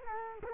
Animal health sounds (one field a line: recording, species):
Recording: mosquito wingbeat signal from an infrared sensor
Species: Culex quinquefasciatus